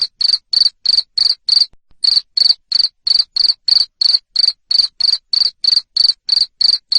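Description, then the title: Cricket calling with strong, evenly spaced high chirps, around three per second, pausing briefly once early on. Loud cricket chirping played to stimulate lovebirds to keep singing (ngekek). "Suara JANGKRIK NGERIK Keras Bikin LOVEBIRD Jadi NGEKEK Terus Vubey"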